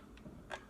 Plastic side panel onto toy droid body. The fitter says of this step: you just snap into place bottom first which super easy and then